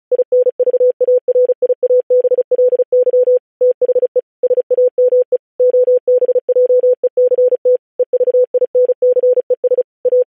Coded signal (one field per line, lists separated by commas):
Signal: Morse code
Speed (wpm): 36 wpm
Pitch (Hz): 500 Hz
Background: none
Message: INVARIABLY THE SAME OBJECT EVINCES A